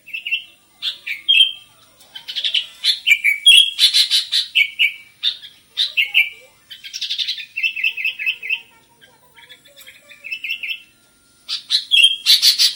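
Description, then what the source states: Sooty-headed bulbul singing a lively run of short whistled and chattering phrases, bubbly notes rising and falling with brief pauses, ending in a loud burst. Described with the Indonesian bird-keeping term gacor, meaning singing vigorously and continuously.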